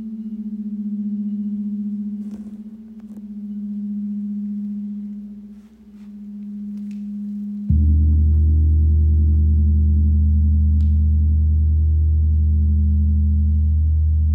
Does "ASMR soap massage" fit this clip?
no